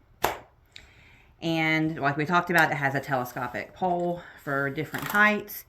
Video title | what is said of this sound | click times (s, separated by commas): White Miele Vacuum Informational Video | so again it will click | 0.2 s